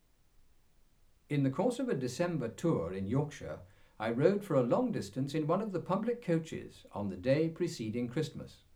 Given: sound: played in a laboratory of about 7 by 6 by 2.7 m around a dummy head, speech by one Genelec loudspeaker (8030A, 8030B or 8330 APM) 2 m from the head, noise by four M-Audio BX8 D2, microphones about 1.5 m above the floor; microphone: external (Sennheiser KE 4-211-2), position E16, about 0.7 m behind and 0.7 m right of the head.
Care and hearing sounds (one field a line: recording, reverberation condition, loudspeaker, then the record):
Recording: male speech in English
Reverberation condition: low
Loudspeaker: 90 degrees to the right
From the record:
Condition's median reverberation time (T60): about 310 ms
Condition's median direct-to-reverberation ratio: about 3.5 dB